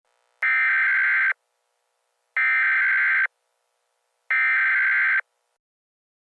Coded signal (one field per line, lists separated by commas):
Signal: Emergency Alert System (SAME) tones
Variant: header bursts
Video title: EAS Scenario - The Biggest Blizzard In History